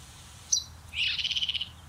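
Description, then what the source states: Bluethroat mimicking a frog, a single sharp note followed by a quick buzzy rattling trill, over faint background hiss. Recorded in the Rijnstrangen; the bluethroat imitates a green frog within its song.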